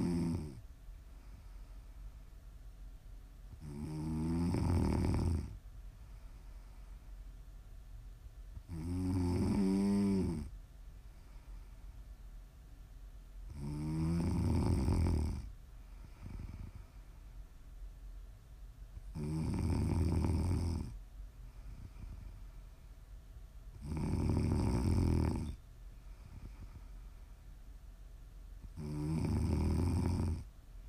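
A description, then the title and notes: Steady snoring, with loud rasping snores arriving regularly about every five seconds and lasting a second or two each. Several snores carry a rattling, wavering tone. Between them there is near silence with a faint low hum. ASMR snoring.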